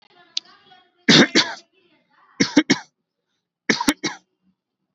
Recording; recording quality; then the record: shallow voluntary cough; excellent, no background noise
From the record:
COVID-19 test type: RT-PCR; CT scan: not taken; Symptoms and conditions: none ticked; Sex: male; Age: 29 years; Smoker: no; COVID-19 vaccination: both doses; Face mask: worn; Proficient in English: yes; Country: India